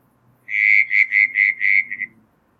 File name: Litoria ewingii